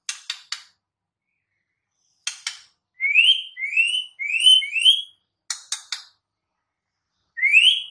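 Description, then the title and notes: White-rumped shama song: clusters of sharp clicks around a series of four rising whistled notes, with one more rising note at the end. Song used as a lure for trapping birds (pikat); voice described as strong (mantap). "MB Pikat Jitu.. Suara Mantap. murai batu"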